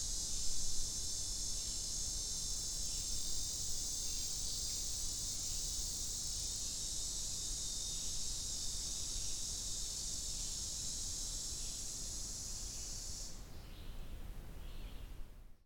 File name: Lyric Cicada